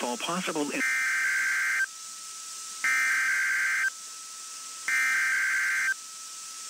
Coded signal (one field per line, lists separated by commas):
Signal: Emergency Alert System (SAME) tones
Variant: header bursts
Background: speech